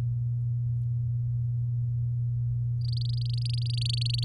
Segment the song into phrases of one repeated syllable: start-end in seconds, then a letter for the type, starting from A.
2.81-4.24 A